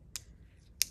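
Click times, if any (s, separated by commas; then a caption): 0.2 s, 0.8 s. A plastic catheter securement device is set over the two blue hub wings of a PICC line and its retainer is pressed closed. Two sharp snaps are heard at 0.2 s and 0.8 s, the second louder. The device snaps shut and locks into place.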